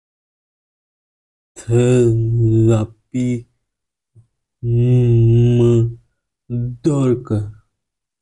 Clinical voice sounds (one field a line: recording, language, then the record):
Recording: elicited speech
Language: Bengali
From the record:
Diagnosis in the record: Broca's or global aphasia after a stroke